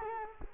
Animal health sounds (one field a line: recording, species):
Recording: mosquito wingbeat signal from an infrared sensor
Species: Culex quinquefasciatus